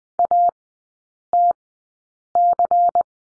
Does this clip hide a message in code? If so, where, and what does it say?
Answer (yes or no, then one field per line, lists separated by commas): yes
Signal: Morse code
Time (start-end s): 0.2-3.0 s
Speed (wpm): 20 wpm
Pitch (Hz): 700 Hz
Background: none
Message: ATC